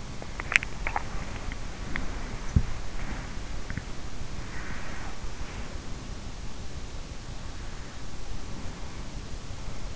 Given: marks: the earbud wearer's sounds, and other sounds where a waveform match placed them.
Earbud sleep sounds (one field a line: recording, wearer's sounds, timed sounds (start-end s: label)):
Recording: sounds in sleep by an in-ear microphone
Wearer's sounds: teeth grinding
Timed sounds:
0.00-5.63 s: teeth grinding